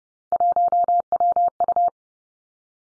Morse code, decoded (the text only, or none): 1WU